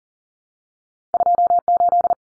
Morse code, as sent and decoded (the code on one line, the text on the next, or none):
..--- ---..
28